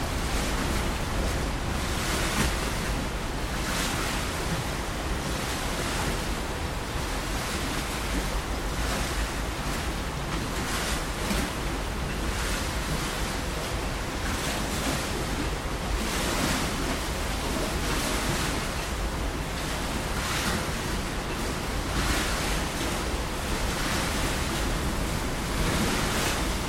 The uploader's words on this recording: Windy Devon Coast (version 2). Very strong winds again battered the coast during the night and the following morning. Recorded on the 2nd June 2015 at 6:30am. Recorded with 2x DPA 4060's to Edirol R4 Pro. Strong winds on the devon coast.